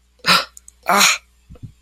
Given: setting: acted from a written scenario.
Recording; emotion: vocal sound without words; fear